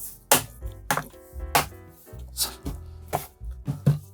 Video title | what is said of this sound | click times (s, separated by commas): One Take #383 LENOVO S340 램 업그레이드_분해 | the part where the plastic latch is, and apply enough force to hear a clicking sound. | 0.3 s, 0.9 s, 1.6 s